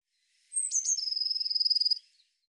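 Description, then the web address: Eurasian blue tit calling, a high thin introductory note and quick ticks followed by a fast, churring trill held at one pitch for about a second. "cianscape birddata Deverinetal 2025 File cleaned normalized Bird Cy Ca"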